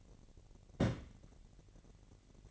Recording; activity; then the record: daily activity, microphone in the room; place on stove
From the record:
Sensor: 4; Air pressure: 1012.8 hPa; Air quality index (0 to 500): 237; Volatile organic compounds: 4 ppm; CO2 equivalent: 1579 ppm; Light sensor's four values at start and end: 29/70/29/29 and 29/70/29/29